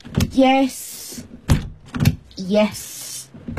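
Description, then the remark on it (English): A door, windows and the back door are double-checked to make sure they are locked and shut: sharp thunks at the start, middle and end, with two rising, creaky whines and an airy hiss between them. “Right, let's check. Door. Mm-hmm. Windows.”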